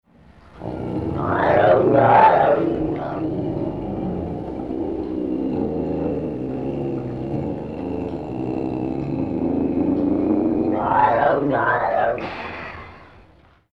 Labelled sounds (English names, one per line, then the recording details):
Ocelot
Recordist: Tembrock, Günter
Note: Gurren eines Männchens